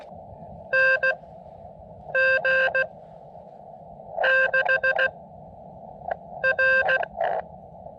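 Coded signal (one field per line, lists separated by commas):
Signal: Morse code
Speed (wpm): 16 wpm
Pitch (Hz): 1600 Hz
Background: none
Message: NG6R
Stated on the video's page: Morse contacts during a SOTA double summit activation in the Columbia River Gorge, including a summit-to-summit contact and full QSOs.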